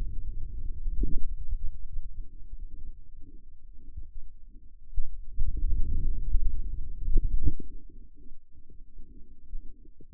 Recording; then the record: forearm muscle sounds (acoustic myography)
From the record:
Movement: outward rotation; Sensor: system 2, bracelet of six BSWA MPA416 microphones around the upper forearm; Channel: 3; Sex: male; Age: 22 years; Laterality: right